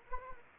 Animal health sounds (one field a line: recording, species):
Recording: mosquito wingbeat signal from an infrared sensor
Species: Anopheles gambiae